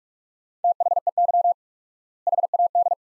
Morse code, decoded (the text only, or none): THEY HAD